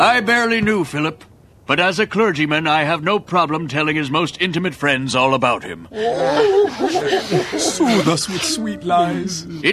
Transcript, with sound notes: I barely knew Philip, but as a clergyman I have no problems telling his most intimate friends all about him. *crowd mourns*
Soothe us with sweet lies.